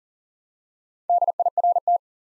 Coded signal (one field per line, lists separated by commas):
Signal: Morse code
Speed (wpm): 40 wpm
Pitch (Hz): 700 Hz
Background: none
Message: DIRT